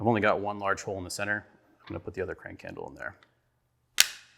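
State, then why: Seated. Someone talks, then pushes a second plastic crank handle into the large centre hole of a Regulator line-management spool used for taking fly line off a fly reel. A single sharp, loud snap is heard at 4.0 s as the handle seats into the spool.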